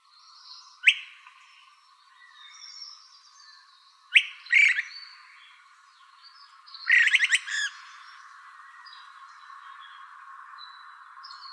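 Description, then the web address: Buff-collared flycatcher giving sharp call notes, one single and one doubled, followed by a quick sputtering series of notes; soft background hiss. Calls recorded in Arizona. "Flycatchers. BCFL CALLS. deviche"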